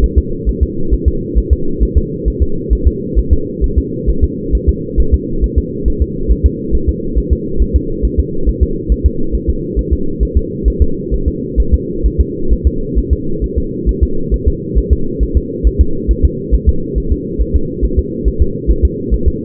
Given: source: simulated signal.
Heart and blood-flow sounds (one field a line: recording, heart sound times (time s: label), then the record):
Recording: fetal heart sounds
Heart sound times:
0.04 s: S1
0.18 s: S2
0.49 s: S1
0.63 s: S2
0.94 s: S1
1.08 s: S2
1.38 s: S1
1.53 s: S2
1.83 s: S1
1.98 s: S2
2.28 s: S1
2.42 s: S2
2.73 s: S1
2.88 s: S2
3.19 s: S1
3.33 s: S2
3.64 s: S1
3.78 s: S2
4.10 s: S1
4.24 s: S2
4.55 s: S1
4.69 s: S2
5.00 s: S1
5.14 s: S2
5.44 s: S1
5.58 s: S2
5.88 s: S1
6.02 s: S2
6.32 s: S1
6.46 s: S2
6.75 s: S1
6.89 s: S2
7.18 s: S1
7.33 s: S2
7.62 s: S1
7.76 s: S2
8.05 s: S1
8.20 s: S2
8.49 s: S1
8.63 s: S2
8.92 s: S1
9.06 s: S2
9.35 s: S1
9.50 s: S2
9.79 s: S1
9.93 s: S2
10.23 s: S1
10.37 s: S2
10.68 s: S1
10.82 s: S2
11.14 s: S1
11.28 s: S2
11.60 s: S1
11.74 s: S2
12.06 s: S1
12.21 s: S2
12.53 s: S1
12.67 s: S2
12.98 s: S1
13.13 s: S2
13.44 s: S1
13.58 s: S2
13.89 s: S1
14.03 s: S2
14.34 s: S1
14.48 s: S2
14.78 s: S1
14.93 s: S2
15.23 s: S1
15.37 s: S2
15.67 s: S1
15.81 s: S2
16.11 s: S1
16.25 s: S2
16.55 s: S1
16.69 s: S2
16.98 s: S1
17.12 s: S2
17.41 s: S1
17.56 s: S2
17.85 s: S1
17.99 s: S2
18.28 s: S1
18.42 s: S2
18.71 s: S1
18.85 s: S2
19.14 s: S1
19.28 s: S2
From the record:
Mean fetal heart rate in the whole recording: 135 bpm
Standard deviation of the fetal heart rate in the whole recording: 3 bpm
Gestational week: 34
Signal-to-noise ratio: -8.1 dB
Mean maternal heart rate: 72 bpm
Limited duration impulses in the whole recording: absent